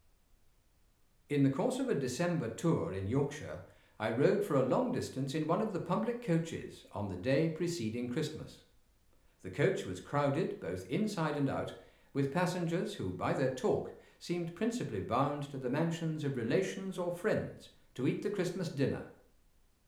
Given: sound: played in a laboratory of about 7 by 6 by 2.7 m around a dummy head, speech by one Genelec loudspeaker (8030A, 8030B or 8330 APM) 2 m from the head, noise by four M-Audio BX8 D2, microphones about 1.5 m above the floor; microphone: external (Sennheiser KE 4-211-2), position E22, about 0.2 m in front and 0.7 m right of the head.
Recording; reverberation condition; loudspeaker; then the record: male speech in English; medium; 90 degrees to the right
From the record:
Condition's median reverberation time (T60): about 510 ms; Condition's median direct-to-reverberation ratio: about -0.5 dB